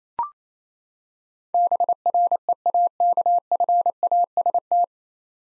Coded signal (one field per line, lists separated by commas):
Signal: Morse code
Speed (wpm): 28 wpm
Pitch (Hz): 700 Hz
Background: none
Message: BREAKFAST